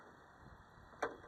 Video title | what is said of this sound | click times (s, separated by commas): Ford bronco door panel removal and lock fix | So then the lock, just simply pops out. | 1.0 s